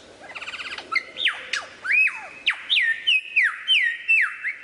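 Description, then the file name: Lyrebird song: a short rattling burst, then loud swooping whistles that settle into a repeated falling note. Song variations. "suara lyrebird variasi"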